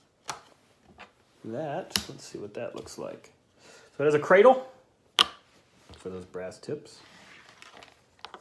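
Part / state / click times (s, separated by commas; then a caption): earphone's brass contact tips into charging cradle / seated / 8.2 s. An Ultimate Ears UE5 in-ear monitor with brass contact tips is set into its charging cradle while someone talks. It snaps into place with a sharp click at 8.3 s, and a red light comes on.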